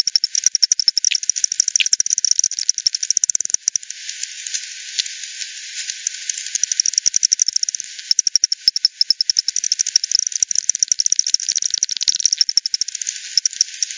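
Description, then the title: Bat echolocation pulses in quick clicking bursts, a softer hissy stretch midway, then renewed rapid ticking runs from several bats. Multiple bats at Hogsmill River, Hogsmill Lane, 7 October 2020, 18:10; bat-detector recording frequency-divided by 10, band-pass filtered and resampled. "WW bat 20201007 T 18 : 10 Z-Hogsmill-Lane-Hogsmill-River-multiple-bats"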